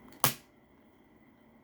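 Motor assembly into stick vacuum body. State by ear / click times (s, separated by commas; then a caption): seated / 0.2 s. A plastic motor assembly is hooked onto the top of a Dreametech T30 stick vacuum body and pushed in until it seats with one sharp, loud click at 0.2 seconds. A few faint handling taps come just before, and after the click only quiet background hiss remains.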